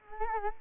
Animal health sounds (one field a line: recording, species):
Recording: mosquito wingbeat signal from an infrared sensor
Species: Culex quinquefasciatus